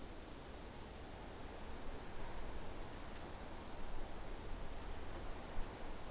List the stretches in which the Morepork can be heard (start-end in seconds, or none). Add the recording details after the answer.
0.60-1.38, 3.24-3.83. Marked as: faintness 5/5. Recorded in New Zealand on 29 April 2014. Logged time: 02:19. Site Ponui